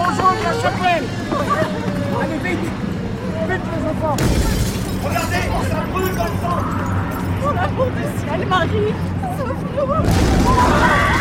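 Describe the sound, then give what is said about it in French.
A huge explosion at the end of a street rips open a chapel, erupting with a broad, rumbling roar and shattering debris, followed by a second heavy blast near the end, while agitated voices and commotion continue underneath. “Au bout de la rue, une explosion immense.”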